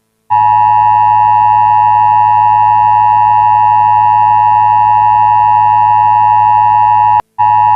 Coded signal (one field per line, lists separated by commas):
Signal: Emergency Alert System (SAME) tones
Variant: 853 and 960 Hz attention tone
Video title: Aircheck 2005 GMA CAT SCREAMING PLANT AND SCARY TREE EAS |GMA CAT GMS NETWORK